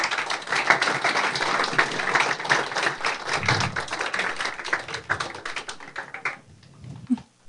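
An audience applauds with dense, steady clapping that holds at a fairly even level for about six seconds, then thins out and fades to a few scattered claps.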